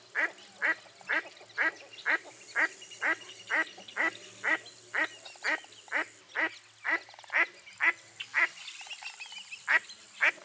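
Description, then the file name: Duck calling in a long, regular series of rasping quacks, roughly two per second, with a brief pause near the end before resuming. "zvuki glazchatoi kriakvy"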